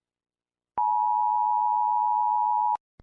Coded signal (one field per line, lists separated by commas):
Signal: Emergency Alert System (SAME) tones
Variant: 853 and 960 Hz attention tone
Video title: Brookhaven EAS Scenario (Tornado Warning)